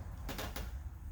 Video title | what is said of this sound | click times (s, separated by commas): JLT 3.0 Oil Separator Install 2011-17 Mustang V6 V2 3050P | take your separator onto the valve cover you'll hear it click | 0.3 s, 0.4 s, 0.6 s